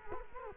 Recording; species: mosquito wingbeat signal from an infrared sensor; Culex quinquefasciatus